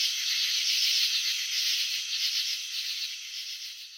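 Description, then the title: Cricket chirping as a thick, fast-pulsed buzz, loud at first and gradually fading toward the end. Crickets filmed in slow motion while chirping, showing wing vibrations and antenna movements. "Crickets in Slow Motion. Capturing the Elegance of Chirping"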